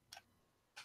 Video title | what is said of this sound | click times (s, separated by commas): Super Awesome Vape Show Episode 54: A (Somewhat) Open Invitation! | it's locked into place okay why I don't | 0.1 s